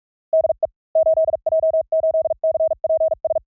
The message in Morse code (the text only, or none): DE 8J8CPS